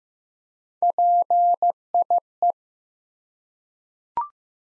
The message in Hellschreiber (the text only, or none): none